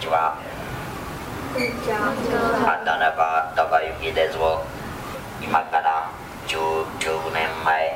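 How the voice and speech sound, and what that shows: Flat, buzzing, robotic monotone Japanese greeting and self-introduction with blurred consonants from an adult man: electrolarynx speech. He lost his vocal cords after many years of smoking and now speaks with an artificial larynx device.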